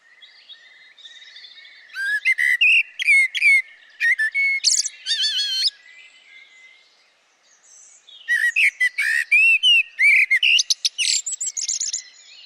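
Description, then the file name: Eurasian blackbird singing two busy phrases of mixed fluty whistles and thin high squeaks, separated by a quiet pause of about two seconds. "Turdus merula"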